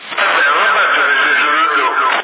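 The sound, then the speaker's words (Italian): A voice comes through a CB radio transmission on channel 22, thin and band-limited, with an added echo effect, more of a reverb, smearing the speech into a steady, continuous stream for about two seconds. “Sì, ho attaccato l'eco a questo galante. Diciamo più che non è che un riverbero, però è chiaro”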